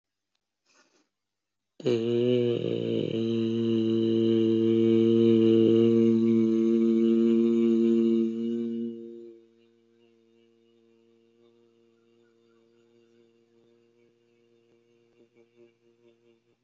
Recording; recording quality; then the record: sustained vowel as in made; moderate, slight background noise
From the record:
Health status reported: healthy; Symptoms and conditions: none ticked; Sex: male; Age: 24 years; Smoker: not ticked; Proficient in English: yes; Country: India